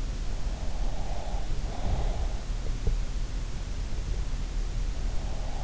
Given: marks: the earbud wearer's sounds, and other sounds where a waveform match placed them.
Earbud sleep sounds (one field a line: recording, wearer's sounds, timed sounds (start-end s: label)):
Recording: sounds in sleep by an in-ear microphone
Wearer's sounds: breath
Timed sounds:
0.91-2.14 s: breath